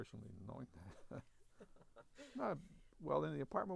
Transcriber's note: they laugh